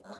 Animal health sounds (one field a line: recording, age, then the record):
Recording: pig call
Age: piglet (1 to 25 days)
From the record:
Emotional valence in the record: negative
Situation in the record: short isolation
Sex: male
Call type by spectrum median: low-frequency call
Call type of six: mixed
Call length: 0.20 s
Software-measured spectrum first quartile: 424 Hz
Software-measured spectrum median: 756 Hz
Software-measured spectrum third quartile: 1662 Hz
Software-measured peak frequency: 600 Hz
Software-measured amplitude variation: 151 dB a second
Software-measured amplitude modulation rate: 19.7 a second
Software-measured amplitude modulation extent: 7.6 dB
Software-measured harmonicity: 1.1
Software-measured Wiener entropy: -0.70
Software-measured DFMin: 1170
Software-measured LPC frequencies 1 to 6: 640, 1414, 4123, 6854, 7487, 8356 Hz